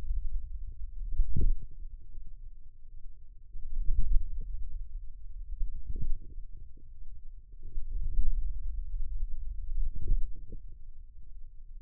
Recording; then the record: forearm muscle sounds (acoustic myography)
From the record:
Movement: hand closing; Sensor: system 2, bracelet of six BSWA MPA416 microphones around the upper forearm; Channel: 6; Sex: female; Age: 22 years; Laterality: right